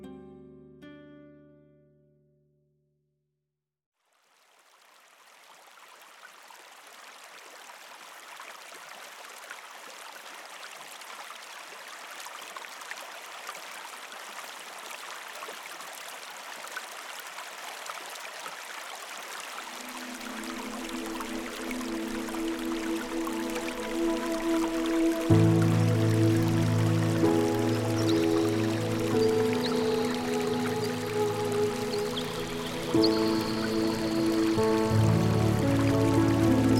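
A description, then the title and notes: A brief low musical phrase fades to silence, then a steady rushing river swells up, joined after twenty seconds by soft piano chords. The music selection features soft instrumental pieces, such as the piano, that complement the natural sound of the river.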